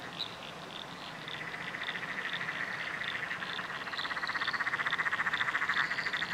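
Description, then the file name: Frogs calling in chorus, rapid pulsed trills overlapping and swelling louder toward the end, with short high chirps repeating above them. Frog chorus recorded at night under a bridge in Royal National Park. "nocturnal frog chorus under a bridge royal national park"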